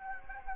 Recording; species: mosquito wingbeat signal from an infrared sensor; Anopheles arabiensis